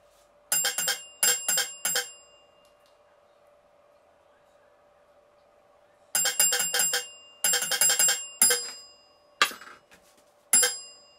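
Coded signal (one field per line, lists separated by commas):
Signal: bell signal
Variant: railway block bells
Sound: clusters of sharp single-stroke bell rings in groups, then pauses and isolated rings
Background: small room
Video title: Block bells simple instructions St A&MRly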